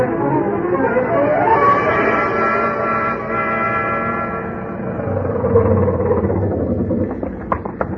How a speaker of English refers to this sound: I jumped into my pants and into the landlady's car and got over there as fast as the 1929 Ford could take me.